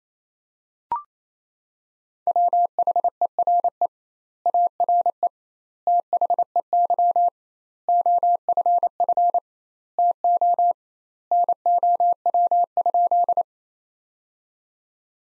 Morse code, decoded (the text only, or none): WHERE ARE THEY OFF TO NOW?